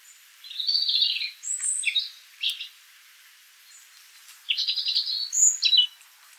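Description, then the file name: European robin delivering high, liquid warbles and thin, piercing notes in two bursts over a light background hiss. "Erithacus rubecula"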